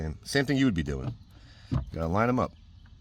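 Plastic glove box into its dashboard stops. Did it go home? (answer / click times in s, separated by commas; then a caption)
no / none. Someone talks while the plastic glove box of a 2023-2026 Toyota Prius is lined up to be pushed back into its stops in the dashboard after a cabin air filter change. Nothing has seated or clicked yet; the glove box is not yet snapped into place.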